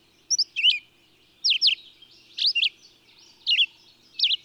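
Bird song with five short bursts of high, sharp chirps and downward swoops, about one each second, separated by near silence.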